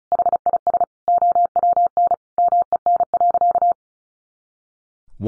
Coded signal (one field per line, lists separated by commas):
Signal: Morse code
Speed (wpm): 34 wpm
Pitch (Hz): 700 Hz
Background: none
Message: HIS OWN MEN.